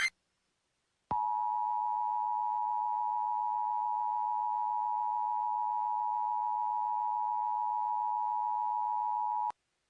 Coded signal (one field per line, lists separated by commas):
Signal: Emergency Alert System (SAME) tones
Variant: 853 and 960 Hz attention tone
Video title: [Fake] EAS Scenario AT-X (Japan,US,South Korea) Shutdown (2025 July 13th)